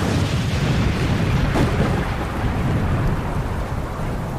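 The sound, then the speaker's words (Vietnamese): A loud, deep rumbling blast like thunder from mountain-blasting explosives detonated above a cave, rolling on steadily for several seconds with heavy low-end roar and a hissing wash, no voices. “Chưa mắng hết câu, lại nghe một tiếng nổ rền vang như sấm.”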